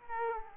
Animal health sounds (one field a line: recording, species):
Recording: mosquito wingbeat signal from an infrared sensor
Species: Aedes aegypti